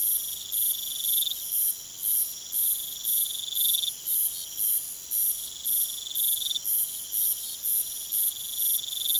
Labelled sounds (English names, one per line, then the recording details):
none
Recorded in pastures near Puerto Asís, Putumayo, Colombia, on 23 June 2025 at 00:30
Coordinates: 0.486, -76.323
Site H29